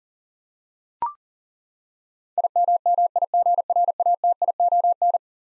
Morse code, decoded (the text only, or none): IMMIGRATION